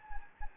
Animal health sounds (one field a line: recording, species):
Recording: mosquito wingbeat signal from an infrared sensor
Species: Anopheles gambiae